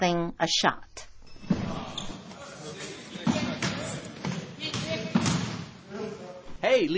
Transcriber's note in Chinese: Ambience sound in gym